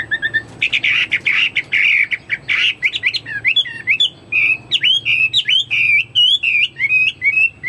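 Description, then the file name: Chinese hwamei song: loud, varied whistled phrases, buzzy notes giving way to rapid sliding, rising and falling whistles repeated in quick succession. "omkicau hwamei"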